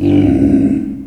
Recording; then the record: squeal of a Yucatan mini pig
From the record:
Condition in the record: after surgery on the right vocal fold (resection and tissue-engineered implant); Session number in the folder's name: 1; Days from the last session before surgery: 13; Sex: female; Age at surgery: 19 weeks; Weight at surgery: 25 kg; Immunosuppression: prednisolone